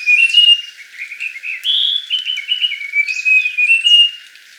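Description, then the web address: Russet-crowned warbler song: a fast, jumbled run of high whistled notes, with thin slurred sounds higher up. Recorded in Ecuador. "Natures Songs S America Birds of Ecuador. Russet-Crowned Warbler"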